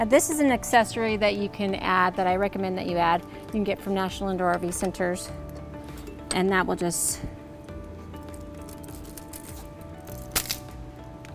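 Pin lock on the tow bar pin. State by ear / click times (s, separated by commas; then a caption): seated / 10.5 s. Someone talks while fitting a locking accessory onto the tow bar pin on a towed car's base plate and pushing it on. After the talking stops, a few faint clinks sound, then a sharp click at 10.5 s as the pin lock locks into place.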